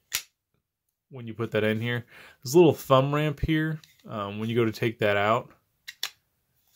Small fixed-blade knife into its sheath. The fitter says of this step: there is a positive click when